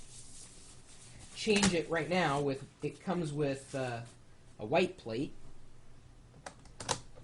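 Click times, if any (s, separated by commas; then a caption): 6.8 s, 6.9 s. Someone talks while swapping the black front plate of a digital picture frame for a white one held on by magnets. After some lighter taps, the white plate snaps onto the frame body with short clicks at 6.8 s and 6.9 s, and it is seated.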